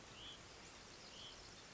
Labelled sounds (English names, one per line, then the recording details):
Hutton's Vireo
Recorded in Sonoma County, California